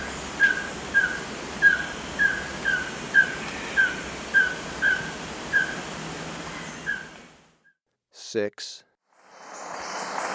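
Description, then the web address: White-streaked Antvireo calling with a steady series of short, slightly rising notes, then a brief unrelated sound and a burst of noise near the end. Ecuador. "Birds of Ecuador 2. White-Streaked Antvireo (Plumbeous Antvireo)"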